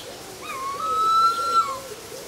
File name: Harpy eagle